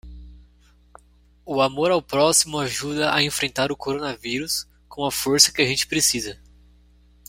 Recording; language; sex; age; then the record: spoken sentence; Brazilian Portuguese; male; 20 to 29 years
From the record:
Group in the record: control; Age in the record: 22 years